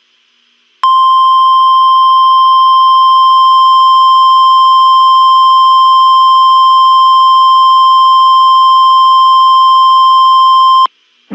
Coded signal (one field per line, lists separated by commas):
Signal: Emergency Alert System (SAME) tones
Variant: 1050 Hz attention tone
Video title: TMYK and Dixdos EAS Scenario Orange Night II